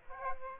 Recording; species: mosquito wingbeat signal from an infrared sensor; Aedes aegypti